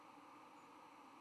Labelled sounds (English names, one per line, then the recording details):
White-throated Sparrow flight call
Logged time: 09:05 on 10 November 2014